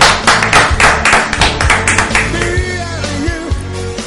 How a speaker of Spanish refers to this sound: Un aplauso, por favor. Vamos a dar un aplauso.